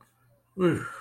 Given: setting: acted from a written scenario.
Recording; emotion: vocal sound without words; relief